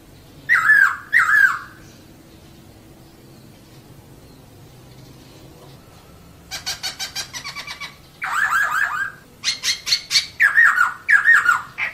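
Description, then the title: Laughingthrush singing two descending whistled notes, then after a pause a string of raspy buzzy bursts, followed by harsh squawks and looping whistles. Long rolling song (ngeroll panjang), used to train cage birds. "KICAU BURUNG POKSAY NGEROLL PANJANG"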